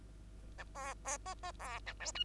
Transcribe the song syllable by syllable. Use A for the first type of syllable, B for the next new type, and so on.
A B C C C B A D E